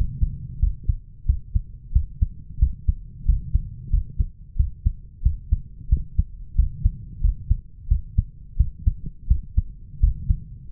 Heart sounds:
heart sounds by stethoscope; 89 bpm
0.61 s: heartbeat
1.28 s: heartbeat
1.94 s: heartbeat
2.61 s: heartbeat
3.27 s: heartbeat
3.92 s: heartbeat
4.58 s: heartbeat
5.24 s: heartbeat
5.91 s: heartbeat
6.57 s: heartbeat
7.23 s: heartbeat
7.90 s: heartbeat
8.59 s: heartbeat
9.29 s: heartbeat
10.02 s: heartbeat
From the record:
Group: healthy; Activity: rest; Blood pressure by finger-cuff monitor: 158/102 mmHg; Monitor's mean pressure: 119 mmHg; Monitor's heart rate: 90 bpm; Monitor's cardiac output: 6.9 L/min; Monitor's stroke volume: 76 mL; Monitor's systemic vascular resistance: 1270 dyn s/cm5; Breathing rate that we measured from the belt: 18 breaths a minute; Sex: male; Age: 21 years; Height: 175 cm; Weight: 72.6 kg

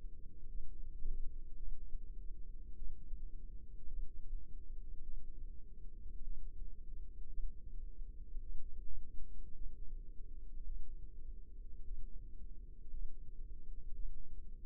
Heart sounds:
heart sounds by microphone in the left ear; 54 bpm
0.49 s: heartbeat
1.57 s: heartbeat
2.76 s: heartbeat
3.88 s: heartbeat
5.03 s: heartbeat
6.24 s: heartbeat
7.29 s: heartbeat
8.41 s: heartbeat
9.55 s: heartbeat
10.66 s: heartbeat
11.85 s: heartbeat
12.91 s: heartbeat
13.95 s: heartbeat
From the record:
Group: healthy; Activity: rest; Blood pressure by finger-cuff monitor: 99/56 mmHg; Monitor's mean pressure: 71 mmHg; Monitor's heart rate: 53 bpm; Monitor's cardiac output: 5.3 L/min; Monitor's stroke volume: 100 mL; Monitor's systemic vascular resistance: 980 dyn s/cm5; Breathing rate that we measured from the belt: 21 breaths a minute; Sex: female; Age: 28 years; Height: 170 cm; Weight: 77 kg

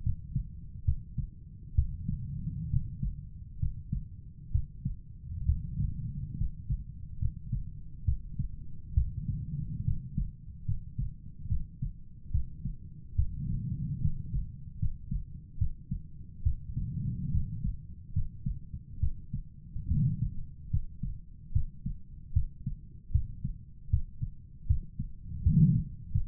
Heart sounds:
heart sounds by stethoscope; 71 bpm
0.03 s: heartbeat
0.85 s: heartbeat
1.75 s: heartbeat
2.70 s: heartbeat
3.59 s: heartbeat
4.51 s: heartbeat
5.45 s: heartbeat
6.37 s: heartbeat
7.19 s: heartbeat
8.05 s: heartbeat
8.94 s: heartbeat
9.84 s: heartbeat
10.65 s: heartbeat
11.48 s: heartbeat
12.31 s: heartbeat
13.15 s: heartbeat
14.01 s: heartbeat
14.79 s: heartbeat
15.58 s: heartbeat
16.43 s: heartbeat
17.31 s: heartbeat
18.13 s: heartbeat
19.00 s: heartbeat
19.88 s: heartbeat
20.70 s: heartbeat
21.52 s: heartbeat
22.33 s: heartbeat
23.11 s: heartbeat
23.90 s: heartbeat
24.67 s: heartbeat
25.43 s: heartbeat
26.11 s: heartbeat
From the record:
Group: healthy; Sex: male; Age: 35 years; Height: 178 cm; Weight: 64 kg

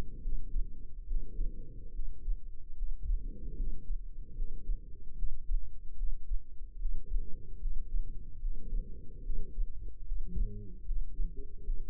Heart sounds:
heart sounds by microphone in the left ear; 74 bpm
0.20 s: heartbeat
1.05 s: heartbeat
1.91 s: heartbeat
2.74 s: heartbeat
3.55 s: heartbeat
4.33 s: heartbeat
5.14 s: heartbeat
5.94 s: heartbeat
6.76 s: heartbeat
7.58 s: heartbeat
8.39 s: heartbeat
9.21 s: heartbeat
10.03 s: heartbeat
10.84 s: heartbeat
11.63 s: heartbeat
From the record:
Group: healthy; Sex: female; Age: 32 years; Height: 172 cm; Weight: 71.7 kg

